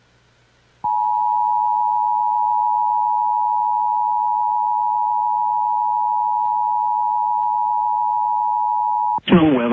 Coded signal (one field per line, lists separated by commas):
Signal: Emergency Alert System (SAME) tones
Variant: 853 and 960 Hz attention tone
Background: speech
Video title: Colorado Wants Some... | EAS Alerts from May 26th, 2023 (EAS #2586-2594)